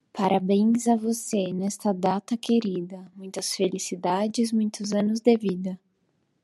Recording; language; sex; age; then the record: short text; Brazilian Portuguese; female; 30 to 39 years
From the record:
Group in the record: control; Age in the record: 30 years